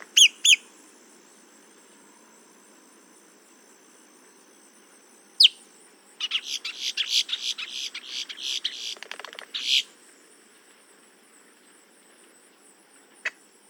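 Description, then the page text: Boat-tailed grackle song: two rising whistles at the start, a lone sharp note, then a long harsh rattling chatter and a final click over steady hiss. "Paul Marvin - Лодкохвостый гракл (Quiscalus major)"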